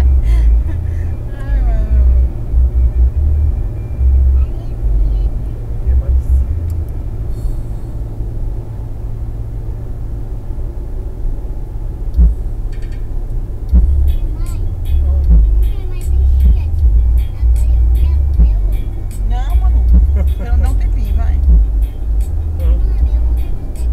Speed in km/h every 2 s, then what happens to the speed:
108, 110, 111, 109, 104, 101, 98, 93, 87, 82, 80, 83.
0-6 steady at about 109. 6-19 slows to 80.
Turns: none.